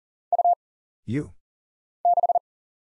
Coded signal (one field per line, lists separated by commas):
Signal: Morse code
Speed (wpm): 39 wpm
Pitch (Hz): 700 Hz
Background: none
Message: U 6